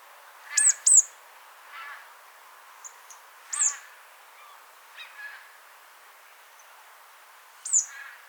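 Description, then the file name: Marsh tit giving thin, sharp downslurred whistles in a quick pair and then singly every few seconds, some followed by a brief buzzy note, over faint lower chirps. "Poecile palustris"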